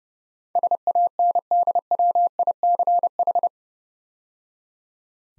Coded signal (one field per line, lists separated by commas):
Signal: Morse code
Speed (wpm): 30 wpm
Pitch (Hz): 700 Hz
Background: none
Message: SANDWICH